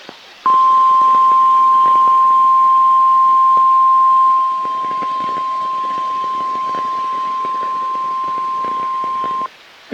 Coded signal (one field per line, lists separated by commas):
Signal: Emergency Alert System (SAME) tones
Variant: 1050 Hz attention tone